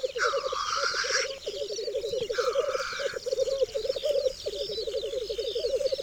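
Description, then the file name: Black grouse bubbling in long, low rolling phrases, broken by two harsh hissing whooshes. "Cietrzew"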